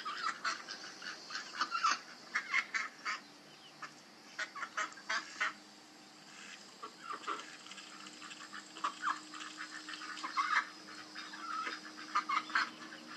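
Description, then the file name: Ducks calling in a busy flock, many overlapping quacks and honking notes through most, loud bursts early on and near the end. "Patos"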